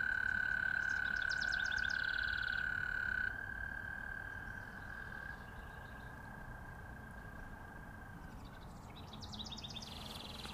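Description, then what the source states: American toad mating trill, a long, steady, high-pitched trill held for several seconds before fading, with scattered bird chirps and twitters. Calling to attract mates in spring at an ephemeral wetland.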